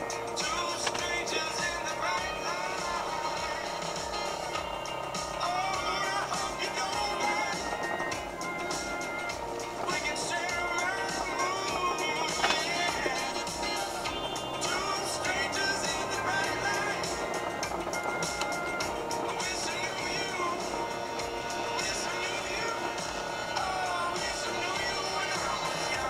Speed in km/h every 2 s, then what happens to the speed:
0, 0, 0, 0, 0, 0, 1, 4, 17, 20, 17, 13, 13.
0-13 standing. 13-17 pulls away to 20.